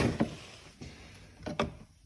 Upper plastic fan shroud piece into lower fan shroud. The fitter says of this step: So it goes up in here, boom, locks down.